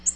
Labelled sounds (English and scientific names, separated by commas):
Nashville Warbler (Leiothlypis ruficapilla) flight call